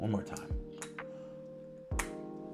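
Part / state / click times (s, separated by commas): fragrance bottle cap onto bottle / seated / 2.0 s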